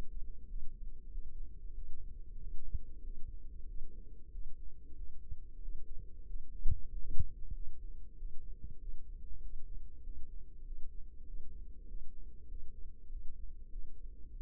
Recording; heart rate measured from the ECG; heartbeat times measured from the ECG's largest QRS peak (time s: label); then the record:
heart sounds by microphone in the left ear; 95 bpm
0.46 s: heartbeat
1.08 s: heartbeat
1.72 s: heartbeat
2.37 s: heartbeat
3.01 s: heartbeat
3.65 s: heartbeat
4.29 s: heartbeat
4.93 s: heartbeat
5.59 s: heartbeat
6.24 s: heartbeat
6.88 s: heartbeat
7.52 s: heartbeat
8.15 s: heartbeat
8.77 s: heartbeat
9.39 s: heartbeat
10.01 s: heartbeat
10.62 s: heartbeat
11.24 s: heartbeat
11.85 s: heartbeat
12.46 s: heartbeat
13.07 s: heartbeat
13.68 s: heartbeat
14.29 s: heartbeat
From the record:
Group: healthy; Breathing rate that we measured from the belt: 21 breaths a minute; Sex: female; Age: 32 years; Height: 172 cm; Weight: 71.7 kg